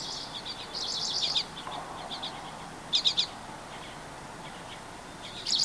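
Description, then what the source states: Birdsong of scattered high chirps, a busy run of notes early on, a sharp triple burst midway and a bright phrase at the end, with low background hiss. Recorded 24 April 2023.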